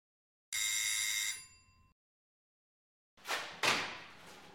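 A doorbell rings once with a loud, bright, buzzing tone that fades away as a neighbour rings at the door, then after a short silence come a couple of sharp, noisy clunks and rustles.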